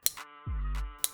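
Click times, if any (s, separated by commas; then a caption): 0.1 s, 1.0 s. A modified GEM-style steel razor blade, stacked with a second blade, is pushed into the plastic head of a OneBlade razor. Two sharp clicks at 0.1 s and 1.0 s are separated by a brief low, steady hum. The blade locks into the head's fixation point and is seated.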